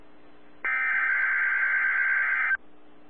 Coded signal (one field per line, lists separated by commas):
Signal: Emergency Alert System (SAME) tones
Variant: header bursts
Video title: NOAA Weather Radio WXK85 (Oklahoma City) - Required Weekly Test (EAS #56)